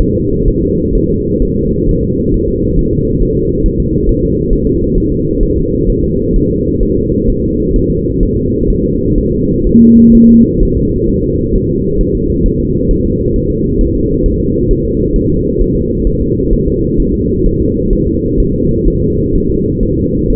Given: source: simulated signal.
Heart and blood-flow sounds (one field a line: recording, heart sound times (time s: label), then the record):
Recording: fetal heart sounds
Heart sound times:
0.00 s: S1
0.15 s: S2
0.48 s: S1
0.62 s: S2
0.95 s: S1
1.09 s: S2
1.42 s: S1
1.56 s: S2
1.89 s: S1
2.03 s: S2
2.34 s: S1
2.48 s: S2
2.79 s: S1
2.93 s: S2
3.23 s: S1
3.37 s: S2
3.66 s: S1
3.80 s: S2
4.09 s: S1
4.23 s: S2
4.53 s: S1
4.67 s: S2
4.98 s: S1
5.12 s: S2
5.43 s: S1
5.57 s: S2
5.90 s: S1
6.04 s: S2
6.36 s: S1
6.50 s: S2
6.83 s: S1
6.97 s: S2
7.30 s: S1
7.44 s: S2
7.76 s: S1
7.90 s: S2
8.23 s: S1
8.37 s: S2
8.70 s: S1
8.84 s: S2
9.18 s: S1
9.32 s: S2
9.67 s: S1
9.81 s: S2
10.15 s: S1
10.29 s: S2
10.63 s: S1
10.77 s: S2
11.09 s: S1
11.24 s: S2
11.56 s: S1
11.70 s: S2
12.01 s: S1
12.15 s: S2
12.46 s: S1
12.60 s: S2
12.91 s: S1
13.05 s: S2
13.36 s: S1
13.50 s: S2
13.81 s: S1
13.95 s: S2
14.26 s: S1
14.40 s: S2
14.71 s: S1
14.85 s: S2
15.16 s: S1
15.30 s: S2
15.61 s: S1
15.75 s: S2
16.07 s: S1
16.21 s: S2
16.53 s: S1
16.68 s: S2
17.00 s: S1
17.14 s: S2
17.46 s: S1
17.61 s: S2
17.93 s: S1
18.07 s: S2
18.40 s: S1
18.54 s: S2
18.88 s: S1
19.02 s: S2
19.35 s: S1
19.50 s: S2
19.83 s: S1
19.97 s: S2
20.30 s: S1
From the record:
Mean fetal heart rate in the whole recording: 130 bpm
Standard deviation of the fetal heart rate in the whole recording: 4 bpm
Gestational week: 38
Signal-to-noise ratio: -14.7 dB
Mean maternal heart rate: 72 bpm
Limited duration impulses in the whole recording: present